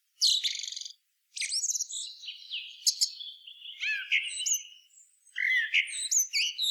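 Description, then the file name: Eurasian blackbird singing a long run of squeaky twitters and sliding whistles, broken by brief pauses and ending in lower fluty notes. "Turdus merula"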